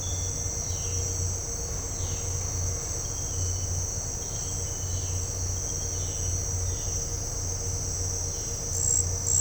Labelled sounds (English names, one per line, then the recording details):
none
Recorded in dense forest near Puerto Asís, Putumayo, Colombia, on 4 March 2025 at 17:30
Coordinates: 0.468, -76.322
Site GP01